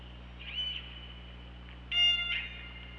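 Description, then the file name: Killer whale gives two short harmonic calls about one and a half seconds apart, the second louder, over low hum. Recorded on the OrcaLab hydrophone, 24 August 2017, at 21:28. "Orca Lab UTLN JASON 20170824 212838 h 2 LL ORCALABDYNI"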